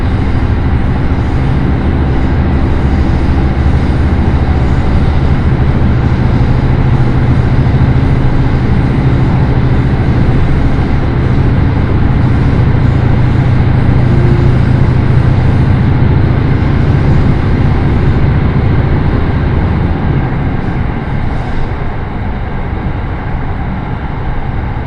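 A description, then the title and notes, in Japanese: A steady, dense low rumble from inside a moving train, with a strong deep drone that eases slightly after about twenty seconds. 耳で楽しむ鉄道旅 えちごトキめき鉄道 高田→直江津→糸魚川。ディーゼルカー1両で足りてしまいます。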